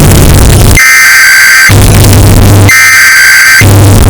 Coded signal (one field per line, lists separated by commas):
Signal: Emergency Alert System (SAME) tones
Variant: header bursts